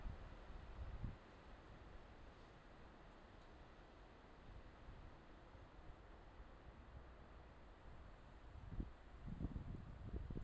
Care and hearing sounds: everyday scene through a hearing-aid microphone; wind on the microphone; gentle breeze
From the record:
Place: parking lot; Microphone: in the ear canal, left

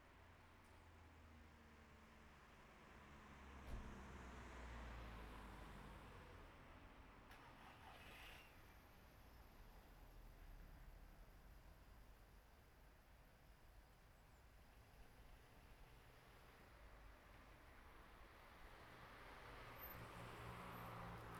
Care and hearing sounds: everyday scene through a hearing-aid microphone; in traffic; traffic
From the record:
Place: city secondary road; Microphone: behind the ear, right, rear

